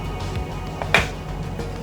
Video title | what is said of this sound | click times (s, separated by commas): Craftsman 10in FOLDING Compound Miter Saw Unboxing | there's the click so right now it is sitting at the zero degree bevel right here | 0.9 s